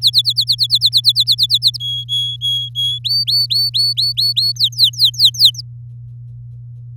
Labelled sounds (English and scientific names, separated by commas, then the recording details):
Domestic Canary (Serinus canaria) song
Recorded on 8 May 2018 at 14:23
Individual llb16